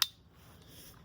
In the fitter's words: They click into place when you pull them out